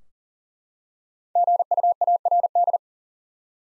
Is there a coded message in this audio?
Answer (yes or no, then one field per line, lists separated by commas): yes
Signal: Morse code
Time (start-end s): 1.4-2.8 s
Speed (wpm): 40 wpm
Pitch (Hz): 700 Hz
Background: none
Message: GUARD